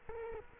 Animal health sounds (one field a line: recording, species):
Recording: mosquito wingbeat signal from an infrared sensor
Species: Culex quinquefasciatus